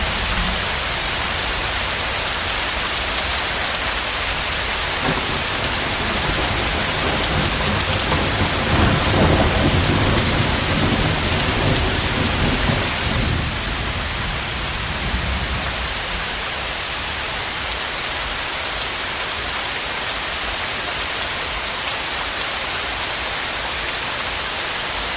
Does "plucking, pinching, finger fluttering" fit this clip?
no